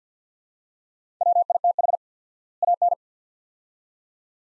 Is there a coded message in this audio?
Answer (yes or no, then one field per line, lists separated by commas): yes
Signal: Morse code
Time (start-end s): 1.2-2.9 s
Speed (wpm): 50 wpm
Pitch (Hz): 700 Hz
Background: none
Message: WITH AN